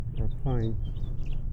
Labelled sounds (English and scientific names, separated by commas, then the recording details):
House Finch (Haemorhous mexicanus) song
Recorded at Oceanside on Long Island, New York, on 17 June 1975
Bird I